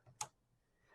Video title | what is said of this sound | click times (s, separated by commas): Setting up your Canon TS702a Printer for Card Isle Greeting Card Service | once we hear that click we know that the inks have been installed correctly and let's go ahead and close that cover | 0.2 s